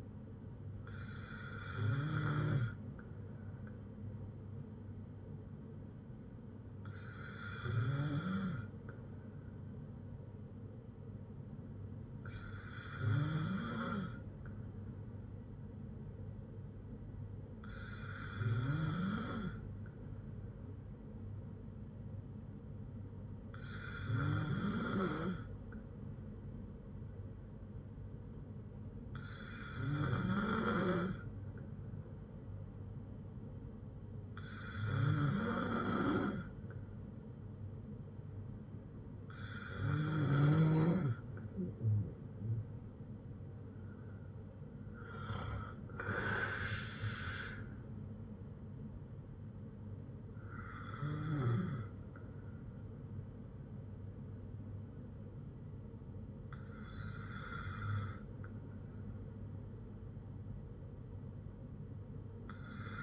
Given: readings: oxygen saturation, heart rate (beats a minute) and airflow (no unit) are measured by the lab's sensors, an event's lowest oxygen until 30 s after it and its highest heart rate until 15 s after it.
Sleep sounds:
breathing in sleep by a smartphone at the bedside; none
none scored
From the record:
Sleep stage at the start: N2 (light sleep); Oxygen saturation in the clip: 94 to 95%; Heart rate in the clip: 54 to 81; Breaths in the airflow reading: 11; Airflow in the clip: -6.7 to 8.0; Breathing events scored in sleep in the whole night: 182 in 7.4 hours asleep

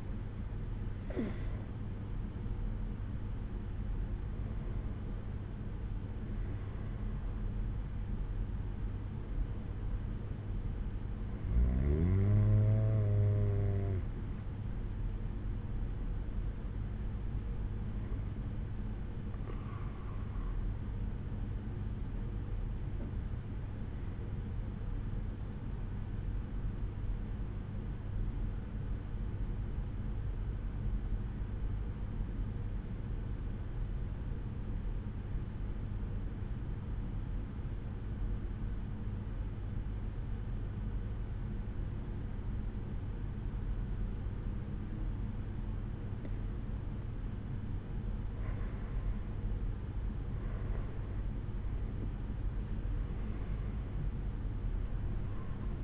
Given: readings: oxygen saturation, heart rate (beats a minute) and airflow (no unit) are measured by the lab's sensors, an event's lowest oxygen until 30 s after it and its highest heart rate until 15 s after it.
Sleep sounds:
breathing in sleep by a smartphone at the bedside; 1
19.00-48.60 s: hypopnea (N2, oxygen 95% highest, then 91% lowest, heart rate 65 at the start, 78 highest)
From the record:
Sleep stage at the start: N2 (light sleep); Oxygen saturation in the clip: 91 to 95%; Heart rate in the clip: 61 to 77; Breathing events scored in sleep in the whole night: 187 in 7.2 hours asleep

